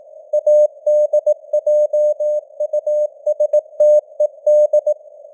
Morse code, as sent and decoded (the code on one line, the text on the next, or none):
.- -.. .--- ..- ... - . -..
ADJUSTED